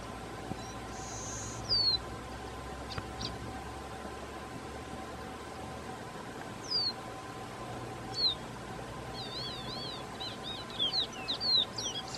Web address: Copper seedeater. صدای-پرنده-دانه-خوار-مسی